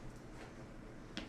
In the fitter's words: There you go.